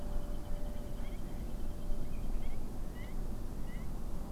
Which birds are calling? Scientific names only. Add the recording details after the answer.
Luscinia megarhynchos, Himantopus himantopus. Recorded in France